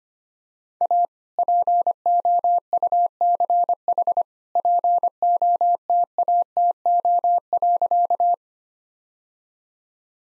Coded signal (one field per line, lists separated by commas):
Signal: Morse code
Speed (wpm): 25 wpm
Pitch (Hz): 700 Hz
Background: none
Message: A POUCH POTATO.